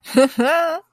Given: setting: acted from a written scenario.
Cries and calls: vocal sound without words; contempt

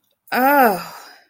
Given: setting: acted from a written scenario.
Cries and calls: vocal sound without words; desire

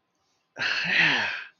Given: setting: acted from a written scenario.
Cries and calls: vocal sound without words; pride

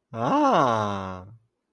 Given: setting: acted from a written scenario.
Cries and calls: vocal sound without words; elation

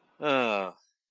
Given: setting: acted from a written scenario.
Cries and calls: vocal sound without words; relief

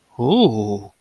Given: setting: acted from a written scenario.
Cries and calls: vocal sound without words; interest

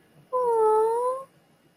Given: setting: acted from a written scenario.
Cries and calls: vocal sound without words; adoration

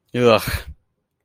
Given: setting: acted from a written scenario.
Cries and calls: vocal sound without words; disgust

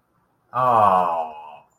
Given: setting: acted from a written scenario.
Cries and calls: vocal sound without words; sympathy

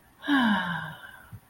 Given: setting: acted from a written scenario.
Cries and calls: vocal sound without words; serenity

